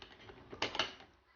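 A plastic bean hopper on a Breville Barista Pro espresso machine is twisted back onto the grinder and locks in place. A few faint clicks and scrapes lead to a sharp mechanical click at 0.6 s, followed by a couple of quieter clicks as it settles. The hopper is seated and locked.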